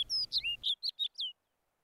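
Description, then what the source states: Snow Bunting song: a short phrase of clear, sweet whistled notes, ending in a few quick separate chirps. Fearless male following a walker, singing in summer in a boulder field at the edge of Ailigastunturi fell top, Karigasniemi, Lapland; calm, slightly misty day, snow still in ravines.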